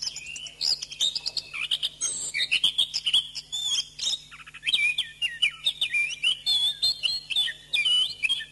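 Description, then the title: Thrush singing continuously, a busy mix of chirps, trills and wavering whistles that grows more melodic toward the end, over a quiet steady hum. "Suara Burung Anis"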